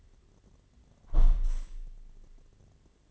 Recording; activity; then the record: daily activity, microphone in the room; close window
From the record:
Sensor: 4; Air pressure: 1007.3 hPa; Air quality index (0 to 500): 200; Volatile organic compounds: 7 ppm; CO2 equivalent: 1997 ppm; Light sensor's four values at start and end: 23/73/28/27 and 23/73/28/27